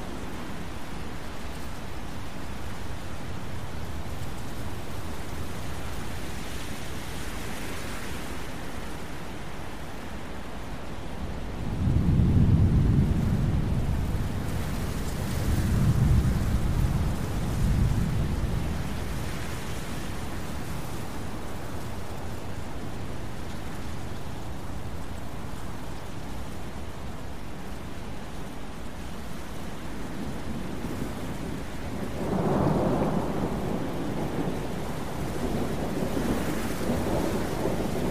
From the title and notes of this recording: Thunderstorm Sounds for Sleep with Wind White Noise.